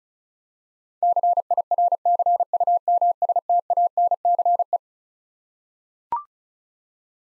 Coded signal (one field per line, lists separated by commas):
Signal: Morse code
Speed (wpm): 36 wpm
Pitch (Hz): 700 Hz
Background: none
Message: CIRCUMSTANCE